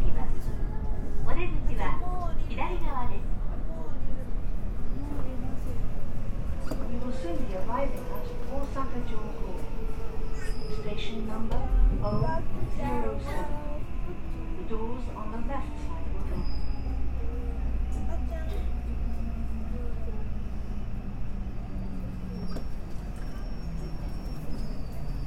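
A JR West 323 series train runs along with a steady low rumble, a falling motor whine, and scattered voices and clicks throughout.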